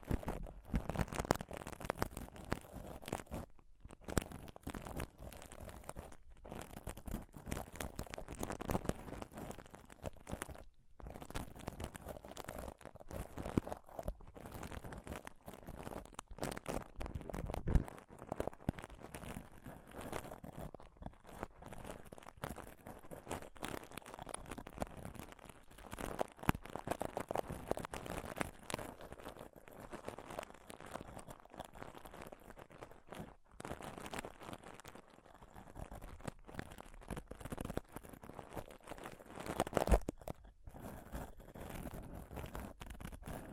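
Intense mic scratching and touching fills the whole stretch, a dense, restless crunching and rubbing that rarely lets up. Bursts swell and ease irregularly, with brief near-silent gaps around 4, 11, 21 and 40 seconds, and occasional sharper scrapes and crinkles.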